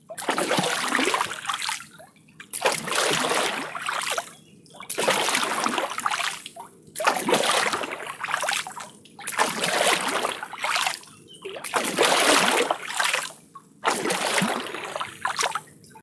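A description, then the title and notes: Rowing in water, with oar strokes splashing and churning in a steady rhythm about every two and a half seconds. Each stroke builds into a bright, hissing rush of water, then drops to brief near-quiet between pulls. Sound clip of rowing in water.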